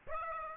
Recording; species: mosquito wingbeat signal from an infrared sensor; Aedes aegypti